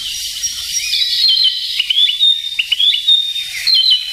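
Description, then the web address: Narcissus flycatcher singing a few bright phrases of slurred whistles and rising chirps, with constant background hiss. "sikioto. kibitaki"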